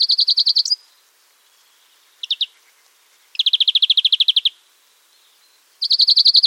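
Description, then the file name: European greenfinch song: rapid trilled bursts of bright, rattling notes separated by pauses, with one brief stuttered fragment between them. "Chloris chloris"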